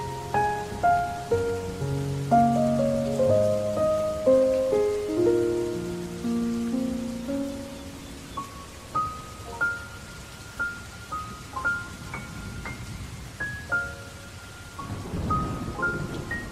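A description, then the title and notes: A slow, soft piano plays sustained low and middle notes for the first eight seconds, then shifts to sparse, bright single notes in the upper range. Gentle, steady rain patters underneath throughout, swelling briefly louder near the end. Sad Piano & Soft Rain.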